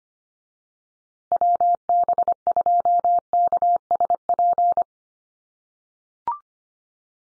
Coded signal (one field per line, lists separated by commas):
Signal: Morse code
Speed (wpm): 24 wpm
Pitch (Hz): 700 Hz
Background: none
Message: WB2KSP